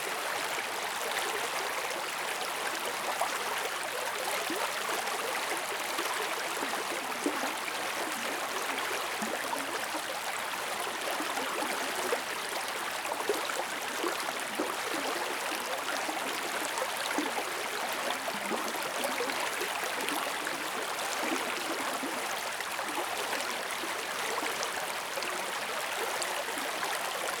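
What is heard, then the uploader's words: Clear river water rushes steadily over stones, a dense, constant babble with fine splashing detail and a bright, hissy edge. The sound stays close and even for the whole stretch, with no pauses or changes, and very little low rumble underneath. Crisp and Clean River Water.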